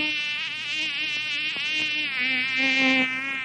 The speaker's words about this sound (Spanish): ¿Qué fue eso? ¡Es una mosca!